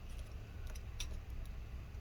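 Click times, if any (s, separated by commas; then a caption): 1.0 s. A flex cable connector on an iPhone 5 is lined up and pushed down onto its logic board socket. A couple of faint ticks at 0.7 and 0.8 seconds lead up to a sharp, bright click at 1.0 seconds over a steady low hum. The connector is seated in place.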